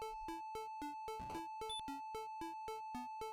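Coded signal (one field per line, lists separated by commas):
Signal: none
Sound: game sound effects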